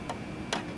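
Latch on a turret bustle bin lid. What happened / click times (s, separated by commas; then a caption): The latch snapped closed / 0.5 s. A latch on the lid of a metal turret bustle bin on an RC 1/6th scale Armortek Early Production Tiger tank model is closed, with a faint tick at 0.1 s. A sharp click follows at 0.5 s as the second latch snaps shut and seats.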